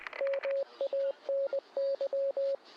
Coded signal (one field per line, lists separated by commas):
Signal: Morse code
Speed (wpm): 20 wpm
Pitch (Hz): 550 Hz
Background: radio noise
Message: MANY